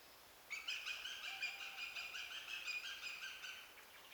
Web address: sound Eurasian-goshawk